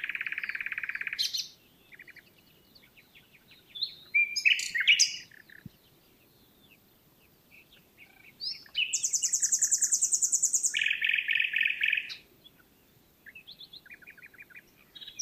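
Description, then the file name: Common nightingale song in varied loud phrases: a fast buzzy trill, sharp chips, a fast high trill, then a rapid series of repeated notes, separated by brief pauses. "Luscinia megarhynchos"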